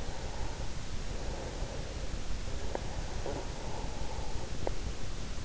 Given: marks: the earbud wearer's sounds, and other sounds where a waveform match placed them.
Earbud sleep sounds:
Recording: sounds in sleep by an in-ear microphone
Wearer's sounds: breath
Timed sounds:
0.03-2.09 s: breath
2.51-4.93 s: breath

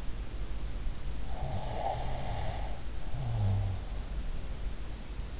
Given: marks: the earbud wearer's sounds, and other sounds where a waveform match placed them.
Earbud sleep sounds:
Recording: sounds in sleep by an in-ear microphone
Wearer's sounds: snoring breath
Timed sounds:
1.41-3.66 s: snoring breath

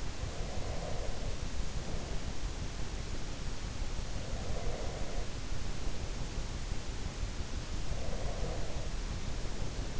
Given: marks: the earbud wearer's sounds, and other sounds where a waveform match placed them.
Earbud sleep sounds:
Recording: sounds in sleep by an in-ear microphone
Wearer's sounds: breath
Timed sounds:
0.00-2.39 s: breath
4.08-5.31 s: breath
7.96-9.99 s: breath

